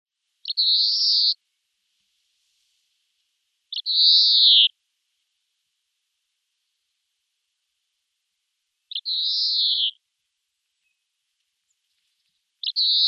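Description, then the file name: European greenfinch giving long, buzzy wheezing notes, each about a second long, repeated roughly every three to five seconds with silence between. "Chloris chloris"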